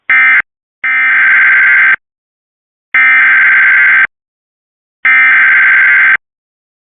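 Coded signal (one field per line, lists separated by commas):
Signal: Emergency Alert System (SAME) tones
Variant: header bursts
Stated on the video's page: Alerts played back with a weather alert archive app on an iPad Air 2, including required monthly tests, a dust storm warning, a flash flood watch and a hazardous materials warning.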